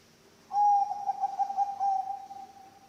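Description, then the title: Zebra dove song, one rapid pulsing coo held on a steady mid pitch for about two seconds, then fading out. Bangkok-type zebra dove (perkutut bangkok) song, intended as masteran training audio for other birds and as a lure (pancingan). "mster Mnuk. SUARA OCEHAN BURUNG PERKUTUT BANGKOK Untuk MASTERAN dan PANCINGAN"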